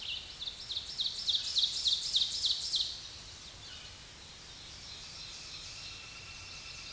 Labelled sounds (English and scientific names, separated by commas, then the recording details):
Ovenbird (Seiurus aurocapilla) song
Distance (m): 30 m
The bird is about 10 m above the microphone
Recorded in a Pennsylvania forest on 16 May 2024 at 07:54
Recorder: AudioMoth, point MSD-2146
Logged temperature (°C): 16.7 °C
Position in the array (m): 149 m, 2 m